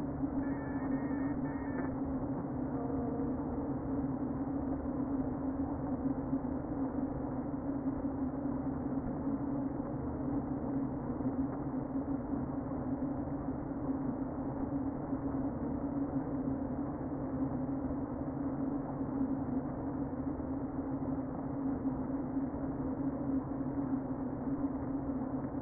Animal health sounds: honeybee colony, microphone inside the hive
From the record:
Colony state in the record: queen present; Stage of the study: before two queens were removed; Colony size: about 60,000 bees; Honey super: yes

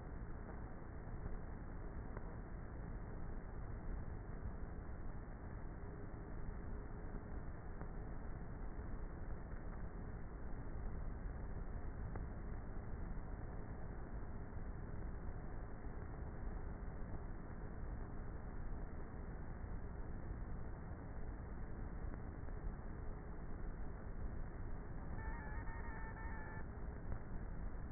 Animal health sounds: honeybee colony, microphone inside the hive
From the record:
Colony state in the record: queenless with a low population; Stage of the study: before two queens were removed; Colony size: about 30,000 bees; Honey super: no

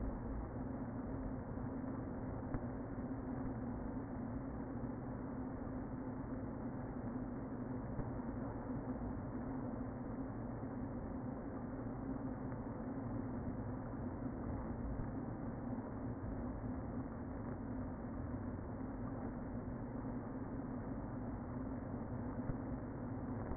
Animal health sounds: honeybee colony, microphone inside the hive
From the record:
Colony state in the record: queen present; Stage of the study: before two queens were removed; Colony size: about 60,000 bees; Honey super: yes

